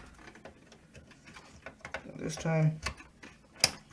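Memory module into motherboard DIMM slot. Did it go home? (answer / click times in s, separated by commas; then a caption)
yes / 3.6 s. A memory module (RAM stick) is pressed down into a motherboard DIMM slot while someone talks, with a few faint ticks along the way. A sharp, loud click at 3.6 s marks the retention clips snapping shut as the module seats.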